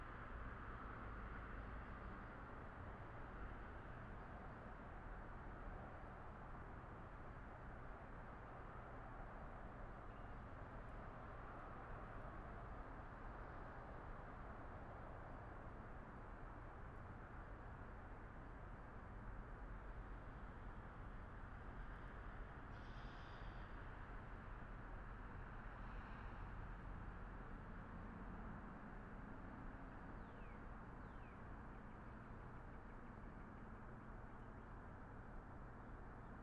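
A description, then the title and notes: A backyard in the morning, filled with a steady, dense hum of traffic and low rumble that never lets up. Around 23 and 26 seconds a couple of brief, bright chirps, likely birds, rise faintly above the constant background wash. Morning in Wakefield Rhode Island, Backyard. Recorded on MixPre 10ii with AKG C414 XLS Matched Pair from 5:30-7ish.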